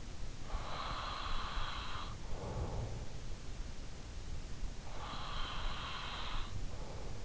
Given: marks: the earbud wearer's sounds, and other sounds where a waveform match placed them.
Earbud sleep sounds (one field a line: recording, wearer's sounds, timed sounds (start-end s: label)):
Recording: sounds in sleep by an in-ear microphone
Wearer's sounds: breath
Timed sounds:
0.00-2.97 s: breath
4.40-7.25 s: breath